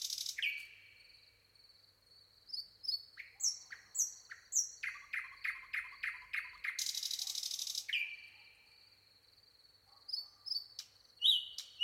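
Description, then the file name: Common nightingale song: varied phrases of repeated notes, a harsh rattle and whistles between pauses, over a steady high insect-like hum. "Luscinia megarhynchos"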